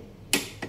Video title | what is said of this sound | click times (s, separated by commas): TAMANG GAMIT SA PAGHIGPIT NG PANGGILID NG MIO I125 - POWER FIST TORQUE WRENCH | Ayan guys, okay na. Nag-click na siya. | 0.3 s